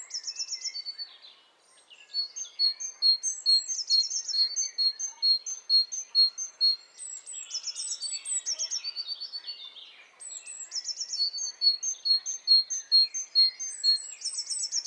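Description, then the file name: Great tit giving long runs of evenly spaced high clipped notes, with a softer, lower twitter underneath. "Parus major"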